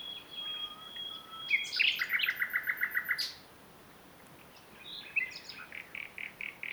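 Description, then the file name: Common nightingale song: a long, thin, steady whistle, then a rapid run of repeated loud notes, a pause, and a second burst of quick repeated notes. "Luscinia megarhynchos"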